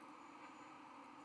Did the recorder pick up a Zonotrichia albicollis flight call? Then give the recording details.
no. No flight call is heard. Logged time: 23:26 on 31 October 2014